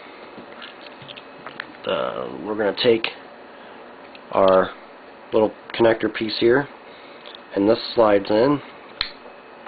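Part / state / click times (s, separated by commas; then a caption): connector piece sliding into a phone holster clip / seated / 9.0 s. Someone talks while sliding the plastic connector piece of a Krusell Orbit Flex phone case clip for the iPhone 3G into its holster mount. A sharp snap at 9.0 s confirms the connector is seated.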